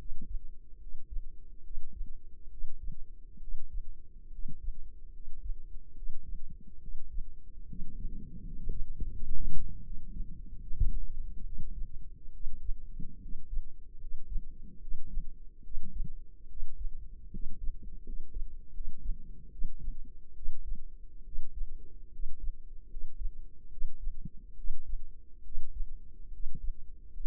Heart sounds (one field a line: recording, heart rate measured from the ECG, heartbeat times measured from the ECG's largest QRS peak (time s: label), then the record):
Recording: heart sounds by microphone in the left ear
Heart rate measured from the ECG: 73 bpm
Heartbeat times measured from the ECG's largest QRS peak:
0.76 s: heartbeat
1.60 s: heartbeat
2.47 s: heartbeat
3.37 s: heartbeat
4.28 s: heartbeat
5.09 s: heartbeat
5.92 s: heartbeat
6.78 s: heartbeat
7.64 s: heartbeat
8.40 s: heartbeat
9.08 s: heartbeat
9.80 s: heartbeat
10.57 s: heartbeat
11.42 s: heartbeat
12.30 s: heartbeat
13.18 s: heartbeat
13.97 s: heartbeat
14.78 s: heartbeat
15.60 s: heartbeat
16.46 s: heartbeat
17.29 s: heartbeat
18.02 s: heartbeat
18.70 s: heartbeat
19.48 s: heartbeat
20.32 s: heartbeat
21.22 s: heartbeat
22.09 s: heartbeat
22.86 s: heartbeat
23.68 s: heartbeat
24.54 s: heartbeat
25.41 s: heartbeat
26.29 s: heartbeat
27.10 s: heartbeat
From the record:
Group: healthy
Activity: rest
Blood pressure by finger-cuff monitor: 128/75 mmHg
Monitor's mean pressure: 86 mmHg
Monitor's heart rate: 72 bpm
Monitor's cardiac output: 5.6 L/min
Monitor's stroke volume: 77 mL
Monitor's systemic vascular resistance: 1180 dyn s/cm5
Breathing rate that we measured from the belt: 13 breaths a minute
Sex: male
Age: 20 years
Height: 167 cm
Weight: 61 kg